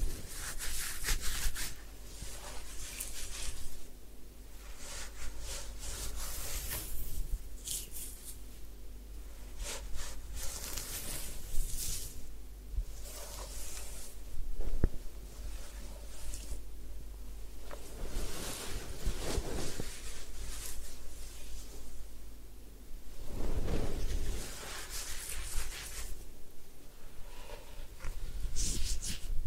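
A head spa session with hair washing and ear cleaning: close rubbing and scratching sounds come in bursts of bright, crackly texture, with soft brushing in between. A steady low hum sits underneath throughout, and a louder rush of scrubbing swells around the middle and near the end.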